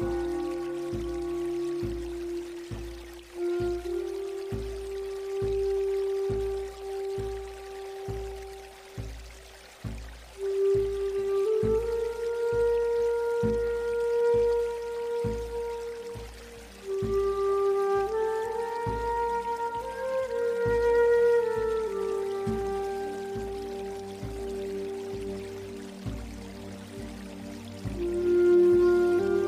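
A breathy native American flute plays slow, held notes that rise and fall over a steady, regularly pulsing low drone. A soft running-water hiss sits underneath throughout, and the melody climbs higher midway before settling back down near the end.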